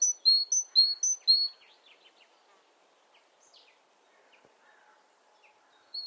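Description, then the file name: Great tit song: a short burst of alternating high and low whistles opens, then soft scattered chirps follow and one note returns at the end. "Parus major"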